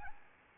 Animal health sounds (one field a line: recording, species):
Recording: mosquito wingbeat signal from an infrared sensor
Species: Aedes albopictus